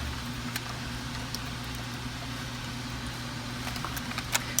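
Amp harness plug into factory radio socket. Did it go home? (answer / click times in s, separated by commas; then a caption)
yes / 4.3 s, 4.6 s. A plastic plug from a plug-and-play 400W amp upgrade harness is pushed one-handed into its socket on the back of the factory radio of a 2007-2017 Toyota Tacoma, over a steady low hum with a few faint taps. Sharp clicks at 4.4 s and 4.6 s mark the plug seating fully in the radio.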